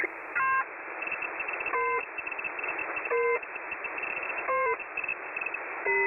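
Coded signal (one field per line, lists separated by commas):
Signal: channel marker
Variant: The Pip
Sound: short buzzy beeps about every 1.3 seconds, five in all, over steady hiss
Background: radio static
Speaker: Oh my god, that's the pip again.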